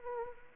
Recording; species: mosquito wingbeat signal from an infrared sensor; Anopheles arabiensis